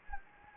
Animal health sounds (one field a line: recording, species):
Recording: mosquito wingbeat signal from an infrared sensor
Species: Anopheles gambiae